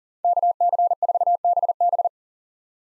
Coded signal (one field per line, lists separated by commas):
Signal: Morse code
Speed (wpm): 40 wpm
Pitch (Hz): 700 Hz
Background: none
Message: KC4BB